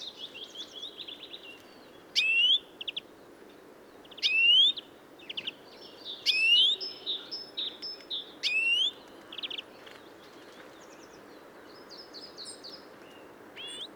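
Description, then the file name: European greenfinch calls: a few rising whistled notes about two seconds apart amid busy twittering chirps, then scattered softer notes. "Chloris chloris"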